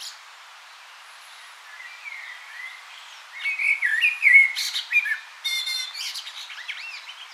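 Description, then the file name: Common blackbird song starting faint and building into rich whistled warbles, broken by sharp high squeaky notes and a rattling twitter toward the end. "Turdus merula"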